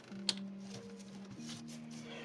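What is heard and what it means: On a BMW X5 4.8i, after the radiator fan shroud tab is clipped into its slot, the fan's electrical connector is plugged back into the cooling fan harness. One sharp click at 0.3 s marks the connector seating, heard over steady tonal background hum. The connector is seated.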